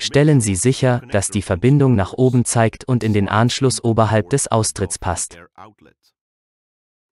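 Someone talks for about six seconds while a heated breathing tube is handled at the air outlet of a Vivo 1-2-3 ventilator, its electrical connector facing up toward the port above the outlet, followed by about a second of silence. The tube has not yet been pushed home, and its plastic side latches have not clicked or seated yet.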